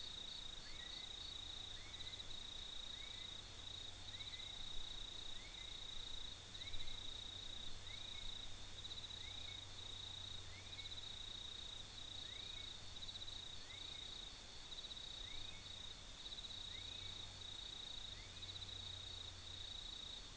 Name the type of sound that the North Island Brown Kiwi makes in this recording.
male call